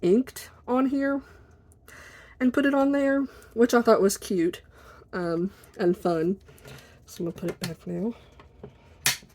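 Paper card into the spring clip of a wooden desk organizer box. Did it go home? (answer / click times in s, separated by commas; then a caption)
yes / 9.1 s. Someone talks while putting a paper card back into the spring clip of a wooden desk organizer box. At 9.1 seconds the clip mechanism snaps loudly shut, seating the card in place.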